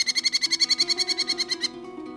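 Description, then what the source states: Merlin chattering, a rapid run of sharp, high, evenly spaced notes that stops abruptly, with a faint low hum beneath. Merlins reach peak southward migration in October; some, like Pacific Northwest birds, remain year-round; most winter southward, some reaching Ecuador.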